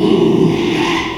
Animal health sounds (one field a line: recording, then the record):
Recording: squeal of a Yucatan mini pig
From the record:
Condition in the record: after surgery on the right vocal fold (resection and tissue-engineered implant)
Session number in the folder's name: 1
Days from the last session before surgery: 6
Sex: male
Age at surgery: 12 weeks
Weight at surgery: 13 kg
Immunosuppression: cyclosporine, prednisolone